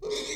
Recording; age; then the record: pig call; weaner (32 to 43 days)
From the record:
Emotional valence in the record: negative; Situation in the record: novel object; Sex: female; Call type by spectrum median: low-frequency call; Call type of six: high-frequency stable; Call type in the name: high-frequency stable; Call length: 0.37 s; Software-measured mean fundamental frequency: 443 Hz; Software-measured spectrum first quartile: 428 Hz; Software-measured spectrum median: 1698 Hz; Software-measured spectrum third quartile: 4297 Hz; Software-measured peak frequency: 417 Hz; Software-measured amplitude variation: 106 dB a second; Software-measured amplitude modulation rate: 25.9 a second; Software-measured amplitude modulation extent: 4.1 dB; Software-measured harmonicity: 4.8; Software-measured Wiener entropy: -3.05